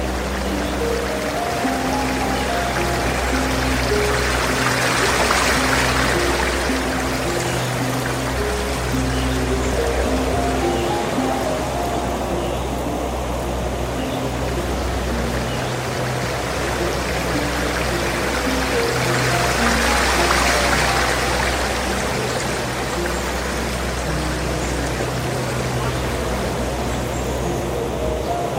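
Soft piano notes drift over a steady, dense rush of flowing stream water, with brighter water swells around five and twenty seconds.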